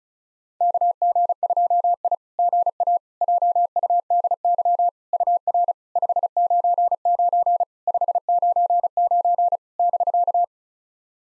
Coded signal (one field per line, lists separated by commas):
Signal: Morse code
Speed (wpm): 36 wpm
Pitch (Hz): 700 Hz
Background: none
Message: KG2I GA JUDY UR 599 599 <BK>